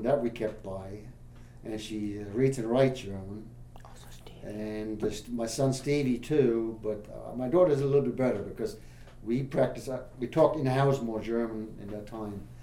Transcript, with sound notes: That we kept alive. And she reads and writes German.
(whispers) Also Stephen.
And the s-- my son, Stevie, too. But my daughter's a little bit better, because we practice, we talk in the house more German at that time.